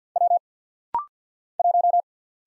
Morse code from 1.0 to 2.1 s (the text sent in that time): 1